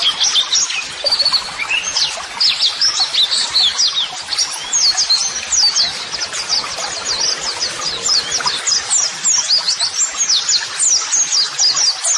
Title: Pleci Gacor. LANGSUNG NYAUT MASTERAN AUDIO TERAPI PLECI